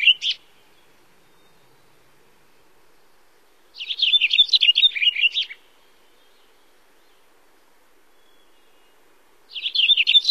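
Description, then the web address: Cassin's finch singing fast, jumbled warbles of bright high notes: a brief phrase at the start, a longer one of about a second and a half in the middle, and another beginning at the end, separated by silence. North America. "Songs of Birds of North America Stokes. Cassins Finch"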